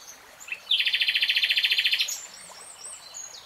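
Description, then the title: Nightingale song: one rapid, even rattle of many loud, harsh notes lasting just over a second, then quiet with faint chirps. Nightingale singing in real time. "[Tiếng chim hót] Nightingale Singing"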